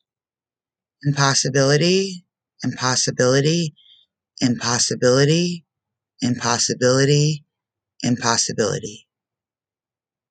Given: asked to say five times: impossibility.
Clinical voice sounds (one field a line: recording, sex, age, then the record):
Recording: repeated word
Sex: female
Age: 30 to 39 years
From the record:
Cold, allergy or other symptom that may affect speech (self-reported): no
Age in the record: 36 years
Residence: North Carolina, United States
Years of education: 16